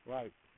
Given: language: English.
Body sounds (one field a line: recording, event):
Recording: throat vibration sensor signal played as sound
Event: speech